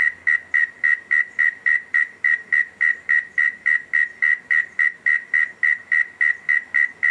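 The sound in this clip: Cricket chirping in a steady rhythm, bright pulsed chirps repeating about three or four times a second.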